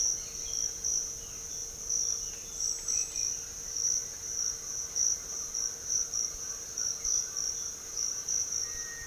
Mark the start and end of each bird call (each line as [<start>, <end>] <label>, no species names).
[8.56, 9.07] bird call